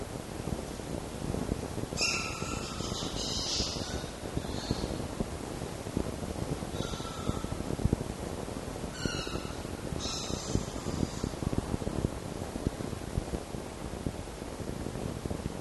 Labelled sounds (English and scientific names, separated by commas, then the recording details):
Red Fox (Vulpes vulpes)
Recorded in captivity
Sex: group
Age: diverse
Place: Zoologisches Institut der HUB, Berlin, DE
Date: 1954-05-27 11:10
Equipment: Elmetra
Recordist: Tembrock, Günter